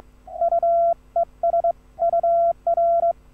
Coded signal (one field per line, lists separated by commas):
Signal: Morse code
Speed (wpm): 23 wpm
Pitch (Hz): 680 Hz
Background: none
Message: UES UR